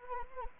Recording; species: mosquito wingbeat signal from an infrared sensor; Anopheles arabiensis